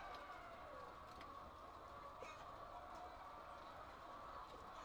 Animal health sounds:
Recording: poultry house recording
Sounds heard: healthy chickens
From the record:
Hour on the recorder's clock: 8

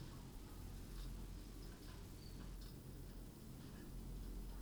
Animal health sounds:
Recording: poultry house recording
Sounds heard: no chicken sound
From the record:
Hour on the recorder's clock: 21

